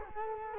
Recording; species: mosquito wingbeat signal from an infrared sensor; Culex quinquefasciatus